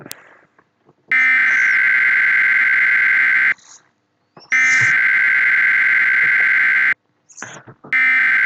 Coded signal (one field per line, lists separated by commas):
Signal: Emergency Alert System (SAME) tones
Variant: header bursts